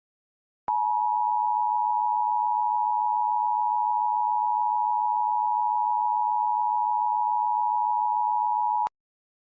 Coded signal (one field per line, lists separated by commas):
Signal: Emergency Alert System (SAME) tones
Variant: 853 and 960 Hz attention tone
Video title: Cancelled EAS Scenarios - What Was Left